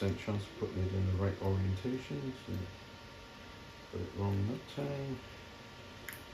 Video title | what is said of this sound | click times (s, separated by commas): N4M01 Elegoo Neptune 4 Max 01 Firmware update | we go. Pop it in so it clicks in place. | 6.1 s